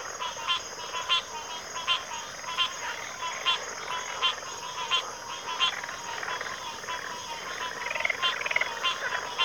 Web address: Natures Songs Sleep Sounds of Nature CRICKETS 03 Backwater Chorus